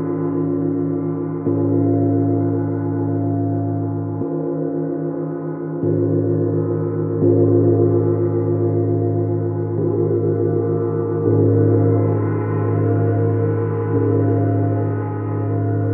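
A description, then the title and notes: Several planetary gongs are struck in turn, a new stroke arriving every two or three seconds while earlier ones keep ringing. The sound is a dense, steady shimmer of low humming tones with a slow pulsing waver, brightening slightly toward the end. Jupiter, Chiron, Neptune and Sidereal Moon Gong. Four different planetary Gongs played.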